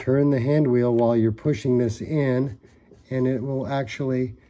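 Someone talks while turning the hand wheel of a Baby Lock serger and pushing its air-threading lever in, so that the spring-loaded plastic tube connectors of the air threader will join the looper tubes. Only speech is heard, and the clip ends before the part goes home; nothing has clicked or seated yet.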